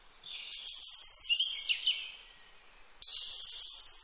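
Bird giving a high, fast trill of repeated sharp notes ending in lower notes, then after a pause another trill.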